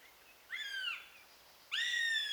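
Eurasian goshawk giving two loud, nasal wails. Each rises briefly, then slurs down and holds, with a short pause between them.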